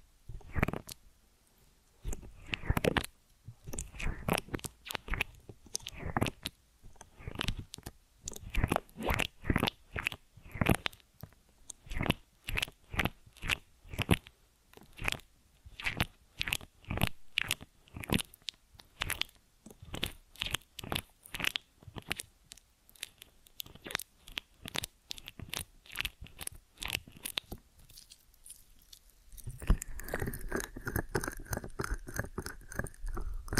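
Ear and scalp massage sounds: dense, rapid crackly rubbing and tapping bursts throughout, turning into a steadier brushing hiss after about 29 seconds.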